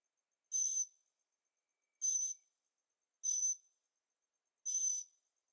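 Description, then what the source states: Bird calls, four loud, high, hissing bursts with a pure whistled core, each roughly a second and a half after the last. Birds singing at night in Carefree, Arizona; recorded with a Zoom H6 and stereo microphones.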